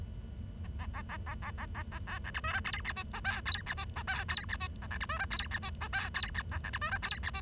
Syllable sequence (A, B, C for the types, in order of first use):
A A A A A A A A A B C D E F G H I J K G H I J K G H I A C D E F G H I J K G H A C D E F G H I